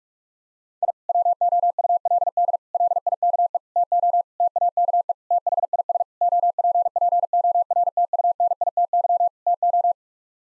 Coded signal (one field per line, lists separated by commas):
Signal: Morse code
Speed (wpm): 46 wpm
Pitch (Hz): 700 Hz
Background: none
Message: I WOULD LIKE TO TAKE THIS OPPORTUNITY TO